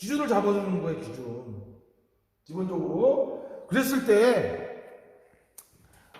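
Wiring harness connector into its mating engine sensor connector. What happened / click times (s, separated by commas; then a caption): Connector clicks in / 5.6 s. A man talks as an engine wiring harness connector is pushed together into its mating engine sensor connector. The lock tab on top catches with a short, sharp click at 5.6 s, and the connector is seated. A fainter tick follows near the end of the clip.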